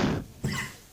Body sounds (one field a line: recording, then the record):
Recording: coughing mixed with background sound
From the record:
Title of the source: Mid-morning Winter Coughing Fit